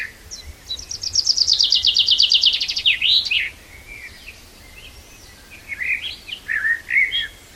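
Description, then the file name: Common chaffinch song: a brisk cascading trill ending in a flourish, followed by scattered twittering phrases. "Fringilla coelebs"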